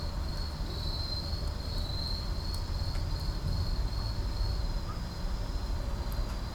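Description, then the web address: Insects trilling in a high, even drone that swells and fades gently, with a dominant low rumble and a few faint clicks. Night insect chorus in an urban park. "boom library Urban and Suburban Urban park night insects"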